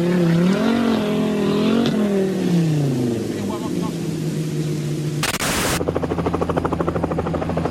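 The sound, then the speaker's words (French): A rally car in the Dakar rally revs its engine, its pitch rising and falling through several loud surges, then a brief harsh blast of noise gives way to a steady, rapidly pulsing engine note as it pulls away. “Il va se planter 20 mètres après être reparti.”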